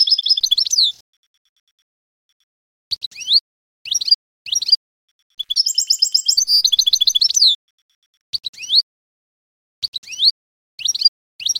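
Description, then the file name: Canary giving scattered short bursts of chirps, with a short trilled burst at the start and one longer burst of rapid rolling trills in the middle. "Canary Voice"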